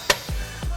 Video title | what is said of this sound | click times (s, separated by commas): Thule APEX 4 Bike Rack Review and Demo | this lever put a little pressure and pull up till it clicks knocks down we've got full access to our tailgate | 0.1 s